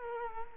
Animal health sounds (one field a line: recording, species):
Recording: mosquito wingbeat signal from an infrared sensor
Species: Culex quinquefasciatus